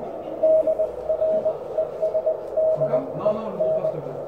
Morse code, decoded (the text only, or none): DRESDEN